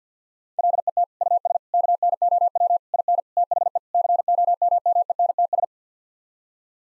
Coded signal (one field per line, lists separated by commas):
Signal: Morse code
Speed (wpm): 50 wpm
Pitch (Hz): 700 Hz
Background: none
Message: LET US KNOW IN THE COMMENTS